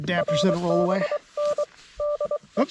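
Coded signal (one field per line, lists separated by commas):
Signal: Morse code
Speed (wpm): 23 wpm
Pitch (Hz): 590 Hz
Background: speech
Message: RBN DE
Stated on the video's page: QRP CW activation on a Penntek TR-35 under very poor solar and band conditions.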